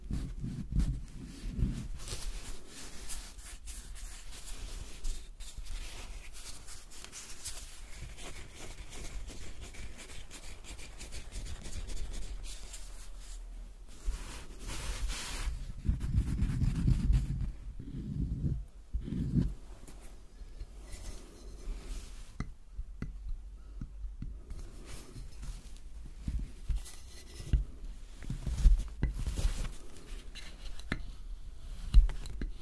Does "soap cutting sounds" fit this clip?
yes